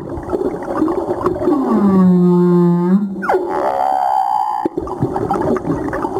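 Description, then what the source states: Humpback whale call: a low, drawn-out harmonic moan that dips then levels off, followed by a quick downward swoop into a higher tone, with steady underwater crackling. Recorded 17 April 2022.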